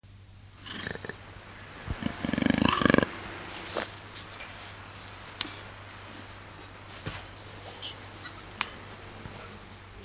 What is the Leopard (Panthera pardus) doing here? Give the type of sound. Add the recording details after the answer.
growling. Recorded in captivity. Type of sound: growling. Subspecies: japonensis. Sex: female. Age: adult. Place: Zoo Rostock, Mecklenburg-Vorpommern, DE. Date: 1984-02-04. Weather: overcast, 3-6°C. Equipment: Nagra SN, Kopie Uher 4000 Report Monitor. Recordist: Tembrock, Günter. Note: Chinaleopard: Weibchen: Rufe am Gitter